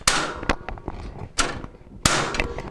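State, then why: Seated. On a Jenn-Air refrigerator, the plastic freezer basket track is lined up on its drawer slide and pushed down on each end to lock it into place. Two loud, sharp snaps ring out at 0.1 s and 2.1 s, with quieter clicks and knocks in between, and the basket track is seated.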